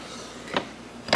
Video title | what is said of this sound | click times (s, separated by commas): Christmas Decorations and My Craft-N-Go Case | and then it kind of locks in place with this little bar here | 1.1 s